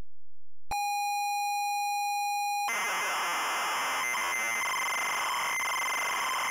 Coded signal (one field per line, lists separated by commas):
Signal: ZX Spectrum tape loading